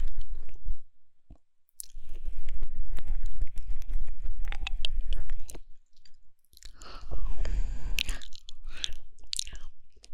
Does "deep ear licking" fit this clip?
yes